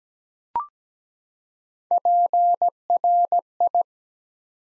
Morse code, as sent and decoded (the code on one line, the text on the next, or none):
.--. .-. ..
PRI